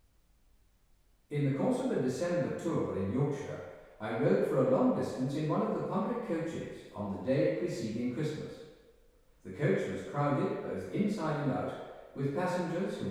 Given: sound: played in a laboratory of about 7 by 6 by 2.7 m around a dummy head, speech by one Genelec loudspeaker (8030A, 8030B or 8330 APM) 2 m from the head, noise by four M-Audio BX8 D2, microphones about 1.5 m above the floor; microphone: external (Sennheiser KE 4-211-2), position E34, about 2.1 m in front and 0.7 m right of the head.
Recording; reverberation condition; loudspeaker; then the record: male speech in English; high; 90 degrees to the right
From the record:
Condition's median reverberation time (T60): about 1300 ms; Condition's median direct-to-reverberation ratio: about -4.0 dB